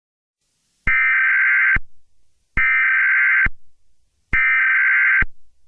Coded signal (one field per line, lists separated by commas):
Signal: Emergency Alert System (SAME) tones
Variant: header bursts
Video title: EAS Scenario #1 - Roj Invasion